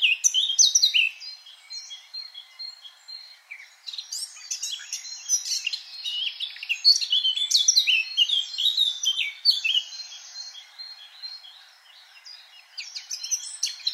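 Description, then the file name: Eurasian blackcap song: a brief warble, a lull, then a long run of rich, jumbled notes, another quiet spell and a last short phrase. "Sylvia atricapilla"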